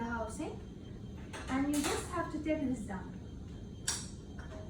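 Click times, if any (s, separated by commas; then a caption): 3.9 s. A patient cable connector is released from the cable port of a Philips defibrillator as its housing is pulled down and the cable comes out of the port. Someone talks throughout, and a sharp click is heard at 3.9 s as the connector releases.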